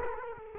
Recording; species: mosquito wingbeat signal from an infrared sensor; Culex quinquefasciatus